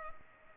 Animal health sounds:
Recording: mosquito wingbeat signal from an infrared sensor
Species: Culex pipiens

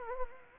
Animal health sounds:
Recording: mosquito wingbeat signal from an infrared sensor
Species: Anopheles gambiae

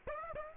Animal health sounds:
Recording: mosquito wingbeat signal from an infrared sensor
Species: Aedes aegypti

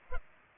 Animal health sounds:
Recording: mosquito wingbeat signal from an infrared sensor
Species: Culex pipiens

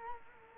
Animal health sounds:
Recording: mosquito wingbeat signal from an infrared sensor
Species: Culex quinquefasciatus

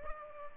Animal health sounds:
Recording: mosquito wingbeat signal from an infrared sensor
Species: Culex pipiens

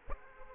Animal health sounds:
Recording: mosquito wingbeat signal from an infrared sensor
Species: Aedes aegypti

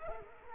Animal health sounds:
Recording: mosquito wingbeat signal from an infrared sensor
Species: Culex quinquefasciatus

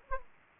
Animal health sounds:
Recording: mosquito wingbeat signal from an infrared sensor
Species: Anopheles arabiensis

